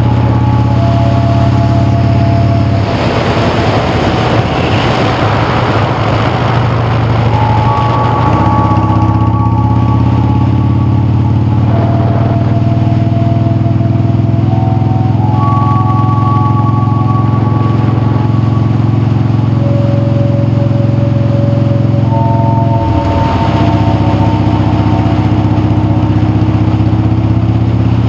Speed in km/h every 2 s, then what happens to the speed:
48, 45, 32, 27, 27, 40, 42, 50, 39, 47, 44, 44, 44, 45.
0-5 brakes to 27. 5-12 speeds up to 42.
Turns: 2-6.